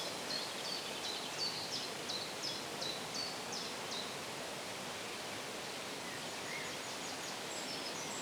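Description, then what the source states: Bird chirping: high chirps repeated rapidly for four seconds, then fainter scattered notes and a soft trill, over steady hissing noise. Birds chirping in the shade.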